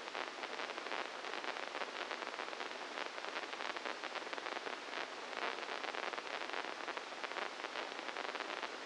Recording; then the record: brain microelectrode recording played as sound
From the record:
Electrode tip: inside the subthalamic nucleus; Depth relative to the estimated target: -1 mm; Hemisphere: left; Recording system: NeuroSet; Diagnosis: Parkinson's disease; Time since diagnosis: 12 years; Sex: male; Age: 61 years